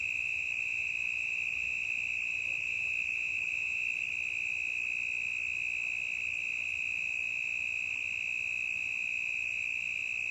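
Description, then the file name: Cricket trilling nonstop on a single piercing high note, steady from start to finish. Intense cricket in a forest, stereo recording. "Grilo intenso na mata"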